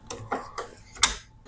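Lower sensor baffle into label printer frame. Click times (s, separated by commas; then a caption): 1.0 s. While replacing the print head of a P100/P103 series label printer, the plastic lower baffle with the freshly fitted lower sensor is pressed back into the printer frame. Three softer clicks at about 0.1, 0.3 and 0.6 seconds come before a sharp, bright snap at 1.0 seconds, which rings briefly and then fades. The baffle is seated.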